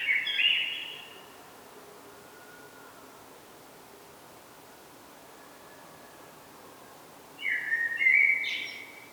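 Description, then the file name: Common blackbird with a short, rich warbled phrase at the start, a long pause, then another fluty phrase rising into a squeaky twitter. "Turdus merula"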